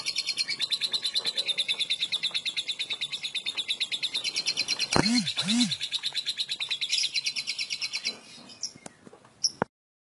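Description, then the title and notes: Lovebird trill of fast repeated high pulses, interrupted mid-way by two low swoops, then breaking off into scattered short notes before ending abruptly. Long ngekek trill used as a lure (kicau pancingan). "Master Kicau Lovebird ngekek, kicau pancingan"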